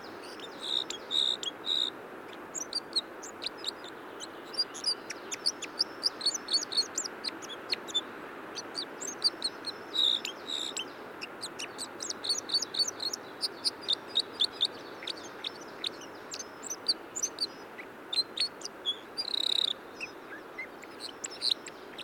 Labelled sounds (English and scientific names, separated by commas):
Red Crossbill (Loxia curvirostra) song